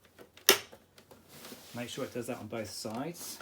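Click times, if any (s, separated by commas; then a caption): 0.5 s. A plastic side clip on the CD loading mechanism of a 2001 Sony CMT-CP300 stereo hi-fi (HCD-CP300, CMT-CP333, HCD-CP333), being repaired with a loading belt replacement, is pressed back into position into its chassis hole. A few faint ticks lead up to a single sharp, bright click at 0.5 s as the clip seats. Someone then talks.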